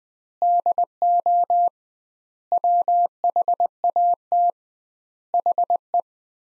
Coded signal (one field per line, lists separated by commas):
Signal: Morse code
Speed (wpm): 21 wpm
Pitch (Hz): 700 Hz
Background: none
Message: DO WHAT HE